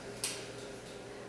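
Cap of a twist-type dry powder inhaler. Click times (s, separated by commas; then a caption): 0.2 s. The plastic cap of a twist-type dry powder steroid inhaler (an Asmanex Twisthaler with mometasone) is twisted off. A single sharp click sounds at 0.2 s over a low steady background hum. The counter goes down and the dose is loaded.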